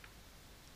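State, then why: Not seated. The narrow end of a medication cartridge is being pushed into the body of a soft-mist inhaler, heard as faint handling rustle over steady low background noise. Nothing has seated or clicked yet.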